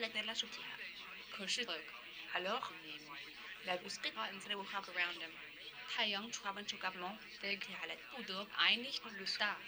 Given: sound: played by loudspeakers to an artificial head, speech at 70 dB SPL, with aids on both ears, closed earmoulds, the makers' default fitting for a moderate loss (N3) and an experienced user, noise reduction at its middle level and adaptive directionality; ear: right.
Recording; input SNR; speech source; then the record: speech test signal (ISTS) in cocktail-party noise; +6 dB; on the right (90 degrees)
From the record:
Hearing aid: class 2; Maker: F